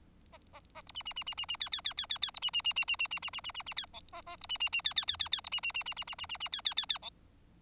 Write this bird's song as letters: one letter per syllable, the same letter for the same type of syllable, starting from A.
A A A B C C C C C C D D D D D D B C C C C C C C C C C C C D E A A B C C C D D D D D B C C C C C C C C C D D D D E